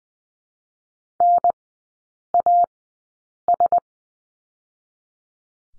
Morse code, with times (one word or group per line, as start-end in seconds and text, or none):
1.2-1.5 N
2.3-2.6 A
3.5-3.8 S